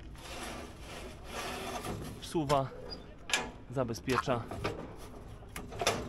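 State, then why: Seated. A metal locking latch on an extendable flatbed semi-trailer is released, removed and then re-secured while someone talks over a low background rumble. The latch snaps home with sharp metallic clicks at 5.6 s and 5.9 s, confirming it has caught and is seated.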